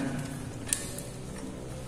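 The belt tension lever on an INGCO PBSI12001 "Tank" belt sander is pulled with a little force, giving a sharp click at 0.7 s and a fainter tick near 1.0 s over a steady low hum. The tension is released so the sanding belt goes loose and can be changed.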